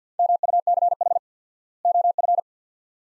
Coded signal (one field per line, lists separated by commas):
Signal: Morse code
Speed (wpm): 49 wpm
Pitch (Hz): 700 Hz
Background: none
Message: MUCH OF